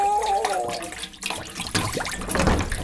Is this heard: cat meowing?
no